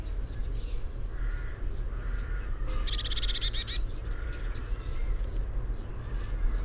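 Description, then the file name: Eurasian blue tit giving a single dry, buzzy churr lasting about a second, over a constant low rumble. "Cyanistes caeruleus"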